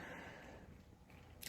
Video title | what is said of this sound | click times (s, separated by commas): new needle bearing & sprocket for the STIHL MS290 farm boss | but it doesn't click into place. I can't get it to click. | none